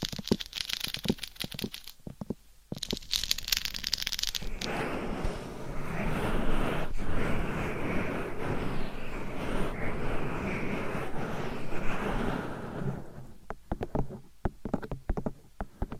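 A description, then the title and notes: Dry scratching and tapping on a microphone cover, with busy crackling strokes in the opening seconds and a brief gap near 2 seconds. From about 5 to 13 seconds a denser, steady rubbing takes over, then sharp scattered taps and scratches return toward the end. ASMR Mic Scratching , Tapping & Massage with 15 DIFFERENT MICS Covers & Nails No Talking.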